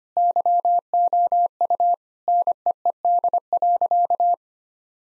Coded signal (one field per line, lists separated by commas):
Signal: Morse code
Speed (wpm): 25 wpm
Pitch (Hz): 700 Hz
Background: none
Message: YOU NEED.